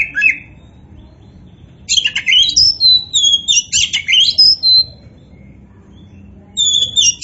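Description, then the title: Oriental magpie-robin singing a rich phrase of high whistled notes and slurred trills lasting about three seconds, preceded and followed by short whistles. Oriental magpie-robin of the poci variety, described as gacor, singing vigorously. "Kacer Poci"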